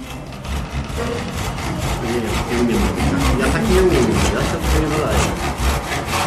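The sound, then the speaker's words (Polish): A hand saw rasps steadily through wood in quick, even back-and-forth strokes, about three per second, a loud scratchy rhythm running throughout with faint voices murmuring underneath. “Nie, w ogóle to praktycznie sam ciężar piły.”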